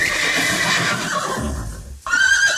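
A horse whinnies loudly in a long, quavering, high-pitched cry, breaks off for a split second, then lets out another shrill burst.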